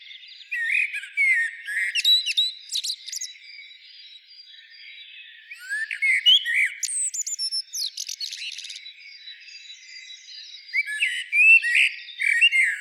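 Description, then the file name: Eurasian blackbird song: busy bursts of fluty whistles mixed with sharp, scratchy high twitters, a quieter pause midway, then more warbling phrases. "Turdus merula"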